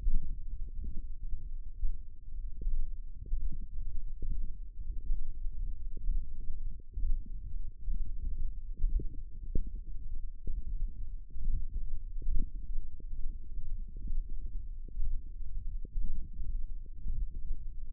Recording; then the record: forearm muscle sounds (acoustic myography)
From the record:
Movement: radial deviation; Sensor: system 1, eight BSWA MPA416 microphones around the upper forearm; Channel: 8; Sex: male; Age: 23 years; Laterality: right